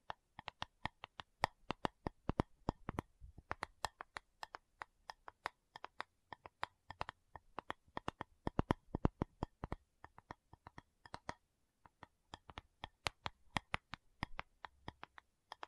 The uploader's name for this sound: Tapping Session (No Talking)